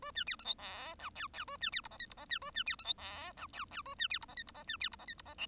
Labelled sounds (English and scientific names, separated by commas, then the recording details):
Bengalese Finch (Lonchura striata domestica) song
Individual Bird1